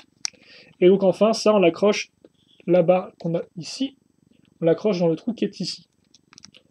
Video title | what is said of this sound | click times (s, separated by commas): LEGO Legends of Chima Video Review : CHI Worriz [Français] | Ça, on l'enfonce à ce niveau-là, donc ça se clipse. | 0.2 s